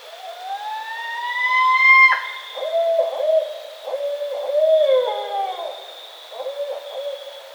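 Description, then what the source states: Barred owl giving a long rising wail, followed by a run of wavering hoots and a descending slur, then one more hoot, with a steady high hum behind. Recorded 28 October 2010.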